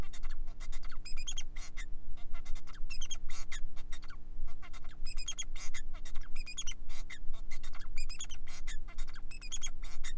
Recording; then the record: song of a male Bengalese finch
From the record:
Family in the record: son of father 4